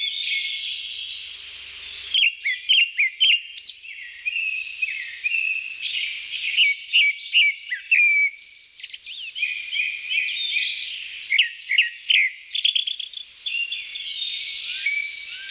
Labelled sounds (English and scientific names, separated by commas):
Grey-backed Thrush (Turdus hortulorum) song